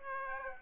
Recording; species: mosquito wingbeat signal from an infrared sensor; Aedes aegypti